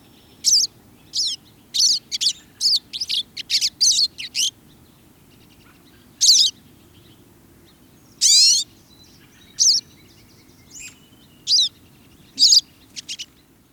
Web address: 2015 05 pine siskin song and calls